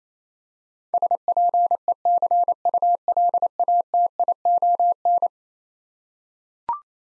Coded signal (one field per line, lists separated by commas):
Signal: Morse code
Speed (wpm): 27 wpm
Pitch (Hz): 700 Hz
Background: none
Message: SPECULATION